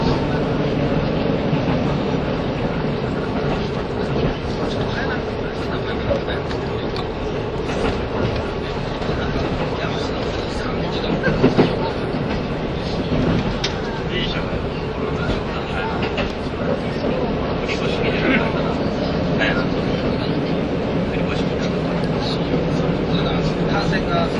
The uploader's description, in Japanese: 名古屋～富山